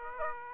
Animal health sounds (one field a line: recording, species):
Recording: mosquito wingbeat signal from an infrared sensor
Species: Aedes aegypti